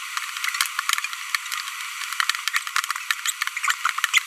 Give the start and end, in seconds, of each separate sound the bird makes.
3.26-3.30, 3.63-3.74, 4.14-4.19